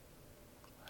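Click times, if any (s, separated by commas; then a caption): 0.9 s. While assembling a PC, a part, the front fan or panel after the front mesh has been removed, is clipped into the case and wiggled to check that it sits right. Low, steady handling noise runs through the clip until a short, sharp click at 0.9 s. The part is properly seated and clipped in place.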